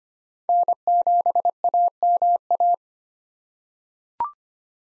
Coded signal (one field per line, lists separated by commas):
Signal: Morse code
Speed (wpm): 25 wpm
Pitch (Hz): 700 Hz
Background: none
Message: N7AMA